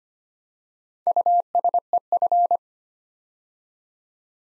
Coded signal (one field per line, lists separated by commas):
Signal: Morse code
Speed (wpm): 25 wpm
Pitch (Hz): 700 Hz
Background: none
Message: USEF